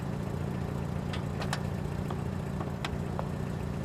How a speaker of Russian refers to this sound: Вечер. Подъехала машина. Из нее вышла девушка.